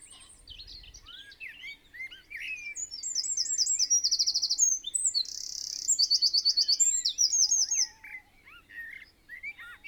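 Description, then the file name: Eurasian wren song, a long rush of sharp high notes and rattling trills in the middle, with softer lower chirps before and after. "Troglodytes troglodytes"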